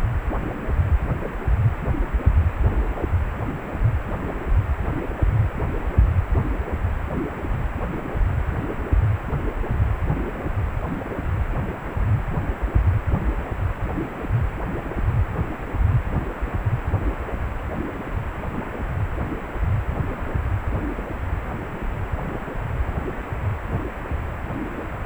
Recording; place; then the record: Doppler ultrasound of blood flow; precordium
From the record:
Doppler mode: pulsed wave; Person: healthy adult, 18 to 50 years, no heart murmur, not diving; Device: 2.5 MHz transducer